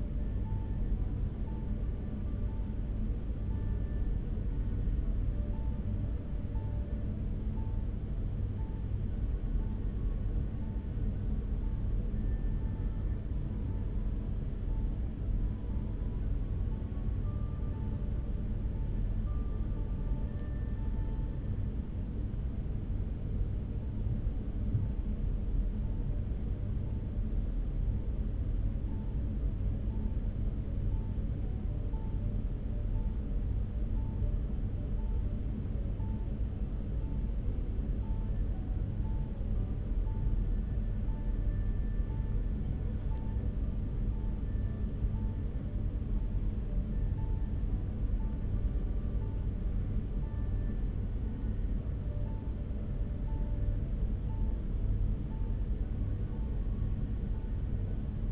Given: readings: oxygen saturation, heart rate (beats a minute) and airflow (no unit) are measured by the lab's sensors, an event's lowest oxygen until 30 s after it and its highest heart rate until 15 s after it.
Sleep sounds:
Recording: a person awake in a sleep study, by a smartphone at the bedside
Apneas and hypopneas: none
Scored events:
0.00-58.32 s: awake
From the record:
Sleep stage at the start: awake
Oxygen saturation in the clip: 95%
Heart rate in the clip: 72 to 75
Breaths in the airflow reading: 18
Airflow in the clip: -2.7 to 2.7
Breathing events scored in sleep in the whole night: 335 in 6.7 hours asleep

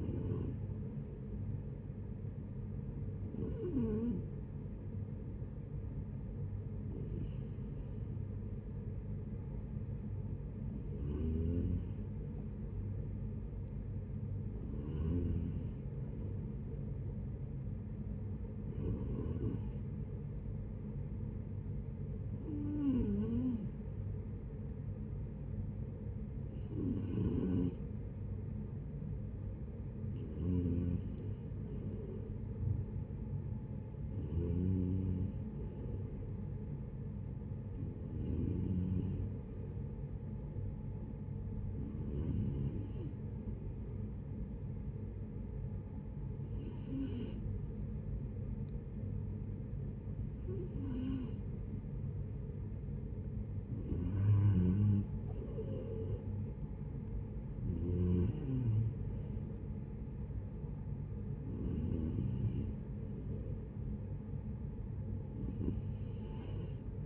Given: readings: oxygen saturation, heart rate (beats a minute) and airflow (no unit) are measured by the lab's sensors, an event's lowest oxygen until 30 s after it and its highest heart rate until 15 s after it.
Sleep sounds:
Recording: breathing in sleep by a smartphone at the bedside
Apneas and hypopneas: 2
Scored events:
4.00-24.70 s: hypopnea (N2, oxygen 94% highest, then 89% lowest, heart rate 69 at the start, 72 highest)
16.00-46.00 s: new sleep stage, N3 (deep sleep)
44.00-55.30 s: hypopnea (N3, oxygen 92% highest, then 89% lowest, heart rate 71 at the start, 72 highest)
46.00-67.05 s: new sleep stage, N2 (light sleep)
From the record:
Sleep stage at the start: N2 (light sleep)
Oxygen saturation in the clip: 88 to 94%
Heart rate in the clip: 66 to 76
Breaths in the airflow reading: 18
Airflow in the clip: -12.5 to 8.1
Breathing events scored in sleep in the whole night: 496 in 5.4 hours asleep

